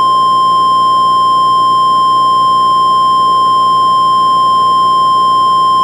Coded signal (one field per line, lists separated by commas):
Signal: Emergency Alert System (SAME) tones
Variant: 1050 Hz attention tone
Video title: Deceit|| EAS Scenario